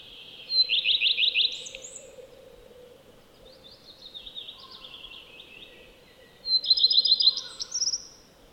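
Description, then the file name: Common redstart song: two phrases of rapid repeated high notes, each with a trailing twitter, separated by quieter varied notes; a steady low hum beneath. "Lepplintu Redstart"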